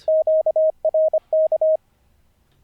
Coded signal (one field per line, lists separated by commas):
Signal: Morse code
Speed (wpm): 25 wpm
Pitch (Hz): 630 Hz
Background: speech, radio noise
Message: QRK